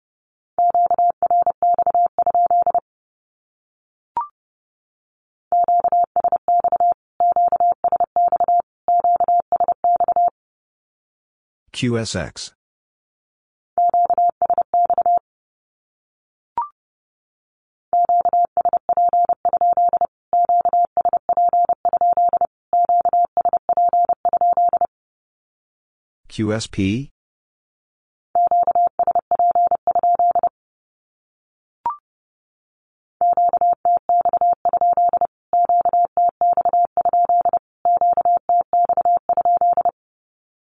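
A Morse code signal sends a Q-code three times as a steady mid-pitched tone keyed in quick dots and dashes, with pauses between groups. Two brief bursts of scratchy noise break in around 12 and 26 seconds, and single faint clicks occur in the gaps.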